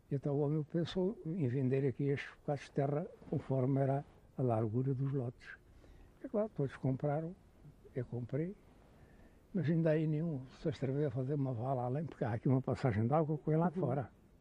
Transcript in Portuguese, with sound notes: E então o homem pensou em vender aqui estes bocados de terra conforme era a largura dos lotes. É claro. Todos compraram; eu comprei. [pausa] Mas ainda aí nenhum se atreveu a fazer uma vala além – porque há aqui uma passagem de água que vem lá de fora.